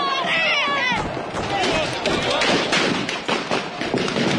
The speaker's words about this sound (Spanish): La policía le comenzó a disparar. ¡Disparos! Esta situación se ha descontrolado. La policía dispara contra los piqueteros.